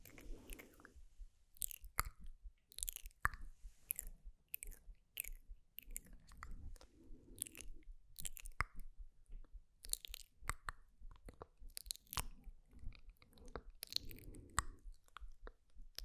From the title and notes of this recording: SLOW AND GENTLE MOUTH SOUNDS ASMR.